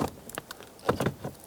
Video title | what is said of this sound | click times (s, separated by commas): How to Replace Cabin Air Filter 2012-2016 Subaru Impreza | this up, hear it click, and then put this plunger back on. | 0.9 s